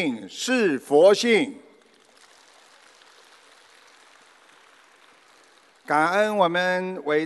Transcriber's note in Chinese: 掌声